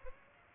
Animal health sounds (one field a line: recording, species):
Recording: mosquito wingbeat signal from an infrared sensor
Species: Aedes aegypti